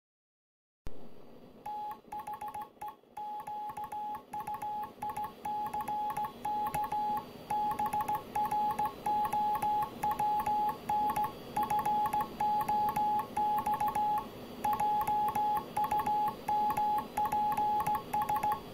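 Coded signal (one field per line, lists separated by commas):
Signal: Morse code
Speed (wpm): 15 wpm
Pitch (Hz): 840 Hz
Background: none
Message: THE QUICK BROWN FOX JUMPS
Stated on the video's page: Hand-sent on a German Junkers straight key, bought new in 1987 and used without cleaning.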